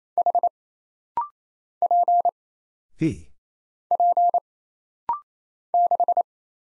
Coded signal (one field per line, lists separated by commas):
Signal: Morse code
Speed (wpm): 27 wpm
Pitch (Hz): 700 Hz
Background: none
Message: H P P 6